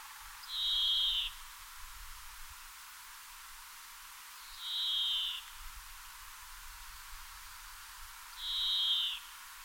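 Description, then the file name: European greenfinch giving three drawn-out buzzy wheezing notes, each under a second long, spaced roughly four seconds apart, with steady hiss between them. "Chloris chloris"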